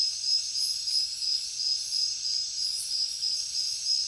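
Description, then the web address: Crickets chirping, a high broken trill with short gaps, with swelling shrill bursts above. Heavy cricket chorus in a jungle at night. "papadroid sound Nature Jungle Night Heavy Crickets"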